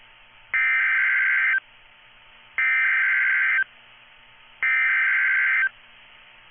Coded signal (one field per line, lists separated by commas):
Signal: Emergency Alert System (SAME) tones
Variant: header bursts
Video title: [VALID TONES] EAS Tornado Warning for Florida! (01/09/24) | irieomgfunny